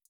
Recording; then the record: hydrophone in a shrimp aquaculture tank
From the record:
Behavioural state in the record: feeding